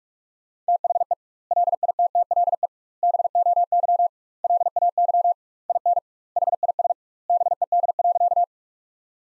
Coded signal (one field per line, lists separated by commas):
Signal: Morse code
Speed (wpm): 46 wpm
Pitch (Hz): 700 Hz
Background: none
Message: THE LITTLE BOY LAY IN HIS BED.